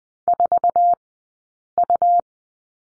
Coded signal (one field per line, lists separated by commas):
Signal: Morse code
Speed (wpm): 20 wpm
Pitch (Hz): 700 Hz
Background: none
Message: 4U